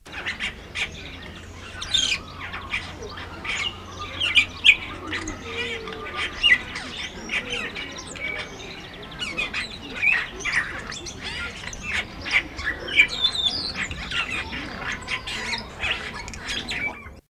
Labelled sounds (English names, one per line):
Greater Blue-eared Starling song